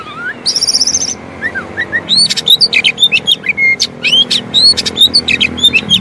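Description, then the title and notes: Oriental magpie-robin singing: an opening burst of high rapid notes, then a lively stream of varied whistled phrases and quick chips. Long-duration filler song (isian) for training kept birds to sing actively day and night. "Kacer Jadi Gacor Siang Malam. Isian Kacer Durasi Panjang"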